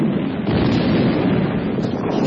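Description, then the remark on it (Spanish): A dense, continuous roar of explosions rumbles without pause, heavy in the low end, the individual blasts blurring into one steady, loud wall of noise. “¡No más explosiones!”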